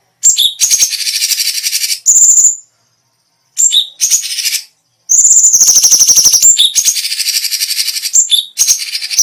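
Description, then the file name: Grey-cheeked Bulbul delivering long, dense, buzzy trills with high whistled slurs, separated by two short silences. Special song bursts, called "tembakan istimewa" in Indonesian. "cucak cungkok tembakan istimewa"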